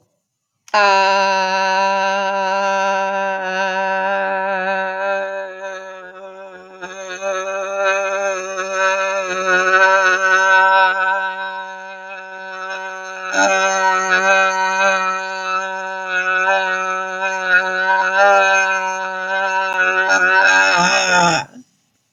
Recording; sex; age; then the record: vowel held as long as possible; female; 60 to 69 years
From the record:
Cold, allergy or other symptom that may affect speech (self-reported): no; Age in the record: 69 years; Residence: Florida, United States